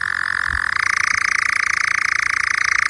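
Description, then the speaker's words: Nightjar churring song: a continuous, rapid mechanical trill that shifts abruptly to a slightly different pitch partway through, steady and unbroken. Nocturnal bird found on heathlands; the sound described as its call or rather its song. "That is the call, well, song, really, of a nightjar."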